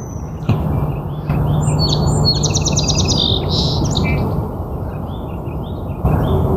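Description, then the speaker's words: Ruby-crowned kinglet song: a high, fast warbling phrase of rapidly repeated notes, over steady low background noise. Quiet, warbly song heard in the background. "So in the background, you can hear some of the warbly sounds of the ruby-crowned kinglet."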